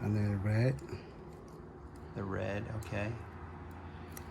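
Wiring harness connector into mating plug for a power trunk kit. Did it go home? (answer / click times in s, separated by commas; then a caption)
yes / 4.2 s. Someone talks while a red-labelled plastic wiring harness connector for a Hansshow power trunk kit is pushed into its mating plug. A short, sharp click is heard at 4.2 s. The connector is seated the right way round, since it will not click if reversed.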